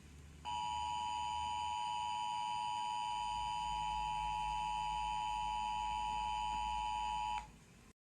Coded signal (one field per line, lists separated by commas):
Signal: Emergency Alert System (SAME) tones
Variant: 853 and 960 Hz attention tone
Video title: EAS Scenario: Hurricane Outbreak Disaster